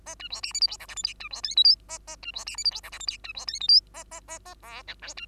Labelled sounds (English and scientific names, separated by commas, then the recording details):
Bengalese Finch (Lonchura striata domestica) song
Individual Bird2